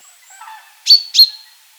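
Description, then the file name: Common chaffinch giving two quick, sharp metallic call notes, after faint, low chirping. "Fringilla coelebs"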